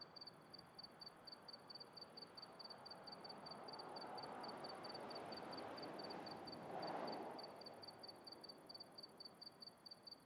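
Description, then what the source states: Continuous high cricket chirping, regular and rapid, partly covered by a passing vehicle whose rushing noise builds and fades. Recorded at night in the countryside, with a car passing.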